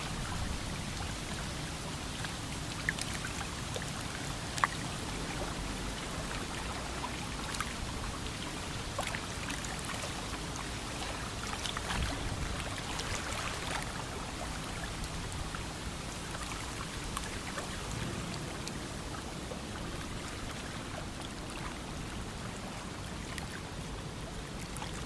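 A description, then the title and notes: A creek runs steadily beside a windy spot, its water a dense, even rush with a low rumble of wind underneath. Small crisp ticks and splashes pepper the whole stretch, with a sharper knock near five seconds. Sitting in the Shade by the Creek on a Windy Afternoon.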